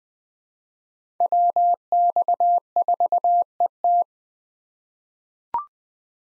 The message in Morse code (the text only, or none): WX4ET